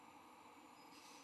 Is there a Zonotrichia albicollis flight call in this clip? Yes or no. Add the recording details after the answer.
no. No flight call is heard. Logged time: 02:59 on 16 November 2014